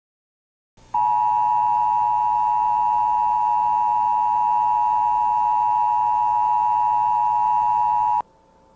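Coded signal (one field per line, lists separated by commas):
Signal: Emergency Alert System (SAME) tones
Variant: 853 and 960 Hz attention tone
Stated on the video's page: Fictional EBS scenario, analog horror recreation.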